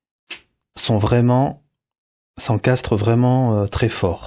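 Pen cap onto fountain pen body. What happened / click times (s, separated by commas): The plastic cap snapped shut onto the pen body / 0.3 s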